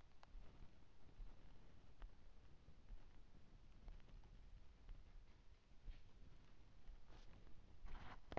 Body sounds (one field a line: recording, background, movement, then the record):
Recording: deep breathing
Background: quiet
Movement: sitting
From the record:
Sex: male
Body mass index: 20.5 kg/m2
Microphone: on the chest, facing outward